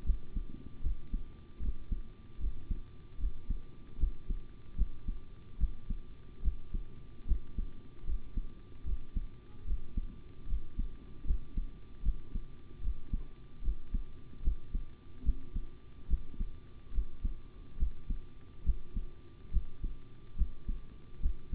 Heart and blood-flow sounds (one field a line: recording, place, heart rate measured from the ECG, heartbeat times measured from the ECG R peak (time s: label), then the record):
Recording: heart sounds by stethoscope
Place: between the tricuspid and mitral areas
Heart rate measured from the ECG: 74 bpm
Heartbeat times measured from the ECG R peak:
0.04 s: heartbeat
0.81 s: heartbeat
1.60 s: heartbeat
2.39 s: heartbeat
3.18 s: heartbeat
3.98 s: heartbeat
4.76 s: heartbeat
5.58 s: heartbeat
6.42 s: heartbeat
7.26 s: heartbeat
8.05 s: heartbeat
8.84 s: heartbeat
9.65 s: heartbeat
10.47 s: heartbeat
11.25 s: heartbeat
12.03 s: heartbeat
12.81 s: heartbeat
13.62 s: heartbeat
14.42 s: heartbeat
15.23 s: heartbeat
16.08 s: heartbeat
16.92 s: heartbeat
17.78 s: heartbeat
18.64 s: heartbeat
19.51 s: heartbeat
20.36 s: heartbeat
21.20 s: heartbeat
From the record:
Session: rest, sitting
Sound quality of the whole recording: good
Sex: male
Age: 25 years